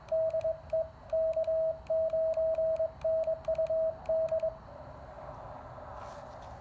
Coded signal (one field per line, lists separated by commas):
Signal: Morse code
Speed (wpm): 22 wpm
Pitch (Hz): 640 Hz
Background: radio noise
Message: DE K9NUD